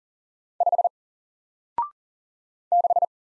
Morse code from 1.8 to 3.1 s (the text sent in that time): 6